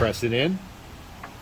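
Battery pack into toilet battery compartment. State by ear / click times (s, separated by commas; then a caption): seated / 1.2 s. A battery pack is pressed into the battery compartment of a toilet, pushed from behind the fuse body until it latches. Someone talks briefly at the start, then a short, sharp click at 1.2 s marks the battery seating in place.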